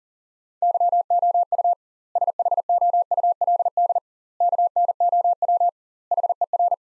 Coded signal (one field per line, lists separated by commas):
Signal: Morse code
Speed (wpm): 37 wpm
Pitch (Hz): 700 Hz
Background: none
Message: YOU SHOULD KNOW HER